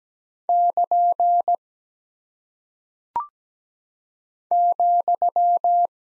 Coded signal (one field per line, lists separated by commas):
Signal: Morse code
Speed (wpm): 17 wpm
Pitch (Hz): 700 Hz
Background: none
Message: <KN> ,